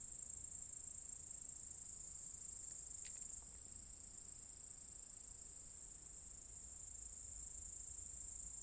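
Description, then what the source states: Cicada chorus as an unbroken shrill high buzz, with a brief soft click partway through and light low background rumble. Several cicadas in an apple tree orchard at Zalensų Sodybos, Lithuania, recorded 23 August 2015.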